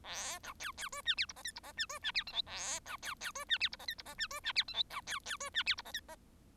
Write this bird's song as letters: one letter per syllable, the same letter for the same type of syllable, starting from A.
A B C C D E F G H I G H E D E F J K A B C C D E F G H I G H E D E F J K B C C D E F G H I H